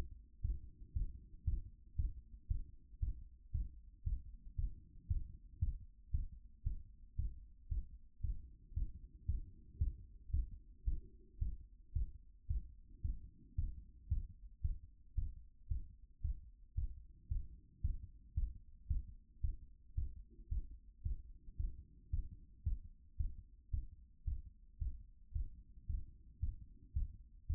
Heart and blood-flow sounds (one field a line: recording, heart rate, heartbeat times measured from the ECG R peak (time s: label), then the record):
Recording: heart sounds by stethoscope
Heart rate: 113 bpm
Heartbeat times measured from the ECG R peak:
0.41 s: heartbeat
0.92 s: heartbeat
1.44 s: heartbeat
1.95 s: heartbeat
2.47 s: heartbeat
2.99 s: heartbeat
3.51 s: heartbeat
4.03 s: heartbeat
4.55 s: heartbeat
5.07 s: heartbeat
5.58 s: heartbeat
6.10 s: heartbeat
6.63 s: heartbeat
7.15 s: heartbeat
7.68 s: heartbeat
8.20 s: heartbeat
8.73 s: heartbeat
9.25 s: heartbeat
9.77 s: heartbeat
10.30 s: heartbeat
10.83 s: heartbeat
11.38 s: heartbeat
11.92 s: heartbeat
12.46 s: heartbeat
13.01 s: heartbeat
13.54 s: heartbeat
14.08 s: heartbeat
14.61 s: heartbeat
15.14 s: heartbeat
15.67 s: heartbeat
16.20 s: heartbeat
16.74 s: heartbeat
17.27 s: heartbeat
17.80 s: heartbeat
18.33 s: heartbeat
18.86 s: heartbeat
19.40 s: heartbeat
19.94 s: heartbeat
20.48 s: heartbeat
21.02 s: heartbeat
21.56 s: heartbeat
22.09 s: heartbeat
22.62 s: heartbeat
23.16 s: heartbeat
23.70 s: heartbeat
24.23 s: heartbeat
24.77 s: heartbeat
25.31 s: heartbeat
25.85 s: heartbeat
26.39 s: heartbeat
26.92 s: heartbeat
27.46 s: heartbeat
From the record:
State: after exercise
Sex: male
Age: 53 years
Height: 175 cm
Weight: 88 kg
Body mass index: 28.73